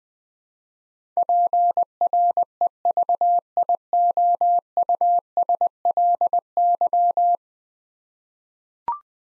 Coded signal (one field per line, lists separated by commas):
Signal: Morse code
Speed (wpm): 20 wpm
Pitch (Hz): 700 Hz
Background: none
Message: PREVIOUSLY